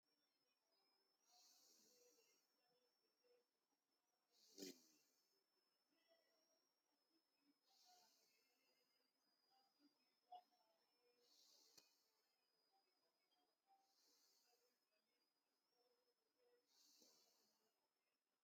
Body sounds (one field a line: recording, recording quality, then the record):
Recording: deep breathing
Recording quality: excellent, no background noise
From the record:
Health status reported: healthy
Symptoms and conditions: none ticked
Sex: male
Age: 35 years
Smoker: not ticked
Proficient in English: yes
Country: India